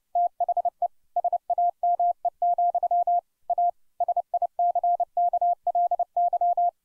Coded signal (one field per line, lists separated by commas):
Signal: Morse code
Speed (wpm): 29 wpm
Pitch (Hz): 700 Hz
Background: none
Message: THE SAME, A SICKLY